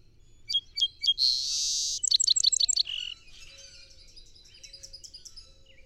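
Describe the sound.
Song sparrow singing one song: three clear opening notes, a harsh buzz, a quick stuttering trill and a low buzzy finish. Faint twittering follows.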